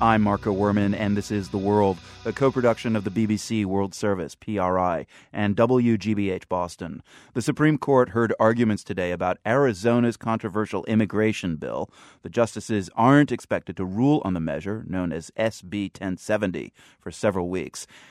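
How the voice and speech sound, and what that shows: A man reads a radio news introduction in a steady, low-pitched voice with clear articulation and brief pauses between phrases. The speech is fluent and ordinary, with no audible voice or speech disorder.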